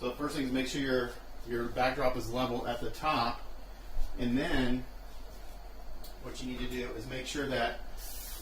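A spring clamp is handled while being fitted onto backdrop paper on a stand as the backdrop is leveled at the top. Someone talks through most of the clip, with a faint short sound near 6.0 s. Nothing has clicked or seated yet by the end.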